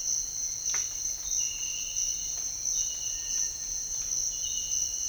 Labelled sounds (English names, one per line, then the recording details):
none
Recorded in dense forest near Puerto Asís, Putumayo, Colombia, on 4 March 2025 at 06:30
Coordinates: 0.500, -76.322
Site GP06